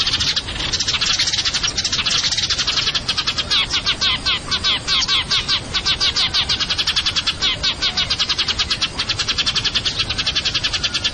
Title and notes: GEREJA TARUNG NEMBAK PANJANG SUARA JERNIH MASTERAN. Burung Gereja